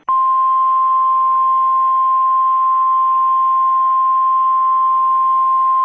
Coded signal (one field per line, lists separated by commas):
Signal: Emergency Alert System (SAME) tones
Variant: 1050 Hz attention tone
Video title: EAS Scenario #1.5, Evil Puro, Alt Ending